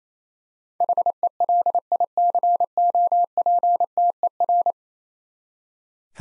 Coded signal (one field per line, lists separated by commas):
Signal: Morse code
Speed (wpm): 28 wpm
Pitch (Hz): 700 Hz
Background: none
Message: HELICOPTER